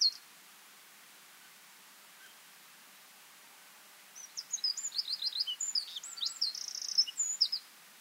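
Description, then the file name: Eurasian wren singing: a brief note, about four seconds of quiet, then a loud, fast tumble of high twittering notes and rattling trills almost to the end. "Troglodytes troglodytes"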